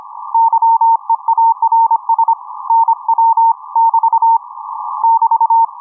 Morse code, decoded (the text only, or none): YEARS NW <BT> <BT>